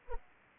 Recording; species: mosquito wingbeat signal from an infrared sensor; Anopheles arabiensis